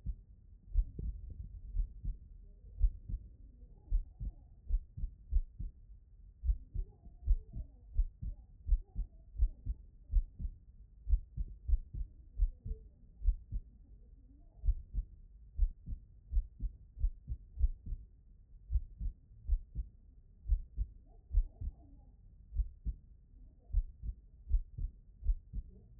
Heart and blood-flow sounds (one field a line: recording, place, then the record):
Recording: heart sounds by stethoscope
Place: tricuspid valve (TV)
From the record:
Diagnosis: non-HFrEF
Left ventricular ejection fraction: 58%